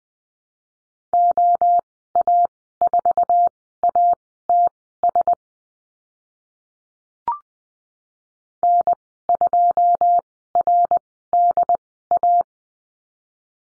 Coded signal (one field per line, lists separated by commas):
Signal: Morse code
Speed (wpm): 20 wpm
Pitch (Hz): 700 Hz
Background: none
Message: OA4ATS N2RDA